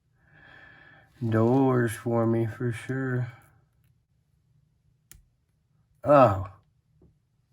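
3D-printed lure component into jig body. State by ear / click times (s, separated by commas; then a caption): seated / 5.1 s. A piece of a 3D-printed plastic spinning jig lure is pushed together into the jig body and snaps into place with a short, sharp click at 5.1 seconds. Someone talks before the click and reacts briefly afterward. The component is seated.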